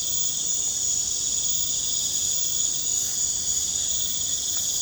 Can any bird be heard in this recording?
no